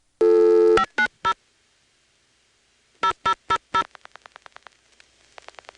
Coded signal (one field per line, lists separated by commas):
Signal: DTMF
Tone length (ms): 80 ms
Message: 590 0000